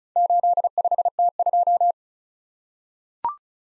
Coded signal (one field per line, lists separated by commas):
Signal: Morse code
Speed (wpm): 36 wpm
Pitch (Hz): 700 Hz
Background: none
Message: 85T2